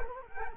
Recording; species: mosquito wingbeat signal from an infrared sensor; Culex quinquefasciatus